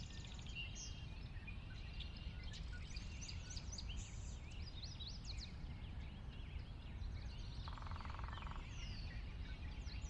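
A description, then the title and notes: A valley morning soon after dawn, full of birdsong: many small chirps, trills and whistles overlap from several directions at once, some bright. A steady low rumble sits underneath, and a short buzzing call cuts in near the eight-second mark. Sinlahekin Valley post-dawn morning. The valley itself is a 16 mile long, 1/2-mile wide glacier-dug trench near the Northeastern slope of the Cascades. I've not filtered any of the water wash in these recordings.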